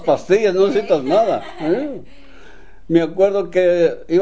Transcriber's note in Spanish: risas